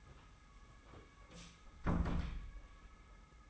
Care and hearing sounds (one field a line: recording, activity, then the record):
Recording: daily activity, microphone in the room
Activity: close door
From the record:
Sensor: 1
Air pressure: 991.6 hPa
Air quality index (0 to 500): 125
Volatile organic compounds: 289 ppm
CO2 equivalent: 4456 ppm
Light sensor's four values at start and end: 33/108/42/43 and 33/109/42/43